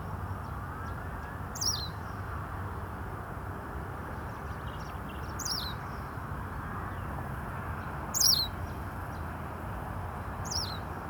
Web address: Anthus Australis